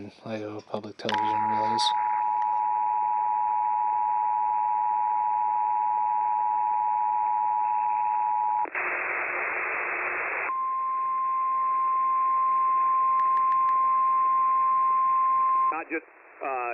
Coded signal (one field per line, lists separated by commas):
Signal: Emergency Alert System (SAME) tones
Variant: 853 and 960 Hz attention tone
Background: speech